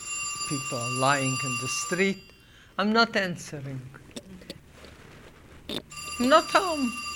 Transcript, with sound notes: People are lying in the street. ( telephone rings ) I'm not answering. I'm not home.